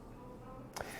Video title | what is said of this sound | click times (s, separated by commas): etrailer - Review of the Hughes Autoformers Safe View Smart Power Inlet | so the cover is going to snap in place to | 0.8 s